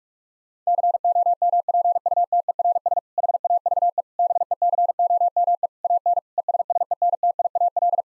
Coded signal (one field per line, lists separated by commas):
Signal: Morse code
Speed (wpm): 46 wpm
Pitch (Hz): 700 Hz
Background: none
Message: COMPUTERS HAVE BECOME AN ESSENTIAL